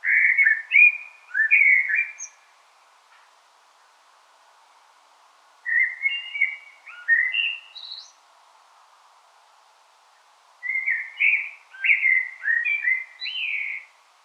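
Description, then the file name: Common blackbird song: three varied warbling phrases of fluty notes, each closing with high squeaky twitters, separated by pauses of a few seconds. "Turdus merula"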